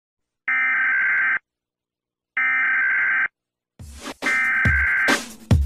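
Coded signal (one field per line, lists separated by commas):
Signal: Emergency Alert System (SAME) tones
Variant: header bursts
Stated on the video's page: Remix of the US EAS alarm.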